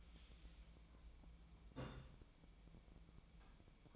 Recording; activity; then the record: daily activity, microphone in the room; take from stove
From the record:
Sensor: 1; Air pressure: 1010.0 hPa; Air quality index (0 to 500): 187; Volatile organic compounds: 17 ppm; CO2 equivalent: 2573 ppm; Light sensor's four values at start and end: 37/95/40/48 and 37/95/40/48